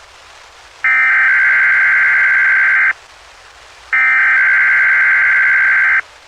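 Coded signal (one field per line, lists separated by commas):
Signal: Emergency Alert System (SAME) tones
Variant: header bursts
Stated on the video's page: Several weekly tests.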